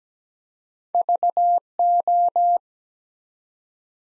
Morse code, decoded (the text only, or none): VO